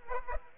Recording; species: mosquito wingbeat signal from an infrared sensor; Aedes aegypti